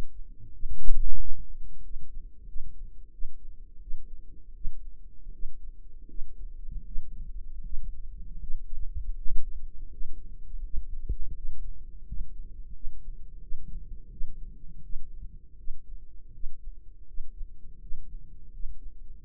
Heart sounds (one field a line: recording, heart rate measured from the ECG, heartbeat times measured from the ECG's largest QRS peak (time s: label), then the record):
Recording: heart sounds by microphone in the right ear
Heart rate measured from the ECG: 83 bpm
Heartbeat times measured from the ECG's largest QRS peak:
0.50 s: heartbeat
1.16 s: heartbeat
1.81 s: heartbeat
2.45 s: heartbeat
3.10 s: heartbeat
3.79 s: heartbeat
4.53 s: heartbeat
5.30 s: heartbeat
6.06 s: heartbeat
6.83 s: heartbeat
7.61 s: heartbeat
8.38 s: heartbeat
9.15 s: heartbeat
9.88 s: heartbeat
10.61 s: heartbeat
11.33 s: heartbeat
12.03 s: heartbeat
12.72 s: heartbeat
13.39 s: heartbeat
14.09 s: heartbeat
14.81 s: heartbeat
15.55 s: heartbeat
16.31 s: heartbeat
17.05 s: heartbeat
17.78 s: heartbeat
18.50 s: heartbeat
19.19 s: heartbeat
From the record:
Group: healthy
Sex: male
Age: 33 years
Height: 179 cm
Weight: 80.4 kg